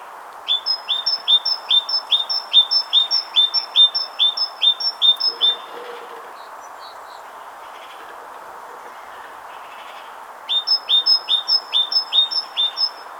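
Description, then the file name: Great tit song: bright two-note phrases repeated briskly, about two per second, in a long series, a pause, then the series resumes; steady low background hum. "Parus major"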